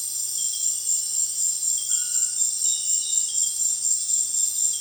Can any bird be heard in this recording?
no